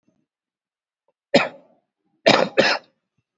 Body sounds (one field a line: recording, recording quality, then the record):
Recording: heavy voluntary cough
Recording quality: excellent, no background noise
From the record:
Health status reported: COVID-19 positive, mild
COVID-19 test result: positive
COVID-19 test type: RT-PCR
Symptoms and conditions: cough, cold, fever, muscle pain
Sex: male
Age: 62 years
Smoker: no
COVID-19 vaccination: both doses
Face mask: worn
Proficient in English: yes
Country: India